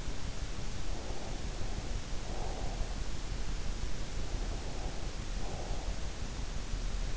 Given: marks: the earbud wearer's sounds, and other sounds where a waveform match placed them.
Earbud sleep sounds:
sounds in sleep by an in-ear microphone; breath
1.07-2.84 s: breath
4.15-6.35 s: breath

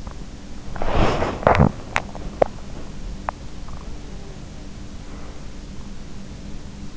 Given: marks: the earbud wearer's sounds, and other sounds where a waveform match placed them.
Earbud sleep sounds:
sounds in sleep by an in-ear microphone; body movement, swallowing
0.68-2.64 s: body movement
2.19-3.00 s: swallowing

